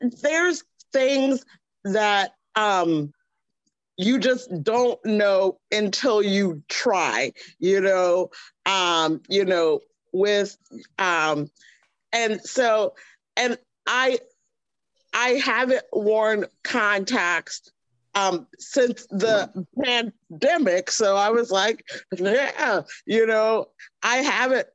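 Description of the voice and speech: An adult woman with aphasia after a stroke speaks haltingly, with long pauses, drawn-out fillers and restarts, typical of word-finding trouble in aphasia.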